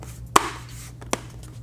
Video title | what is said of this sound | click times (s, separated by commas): How to Install TST Mech-GTR LED Front Turn Signals on 2024+ Yamaha MT-09 by TST Industries | and now everything will just snap into place | 0.4 s, 1.1 s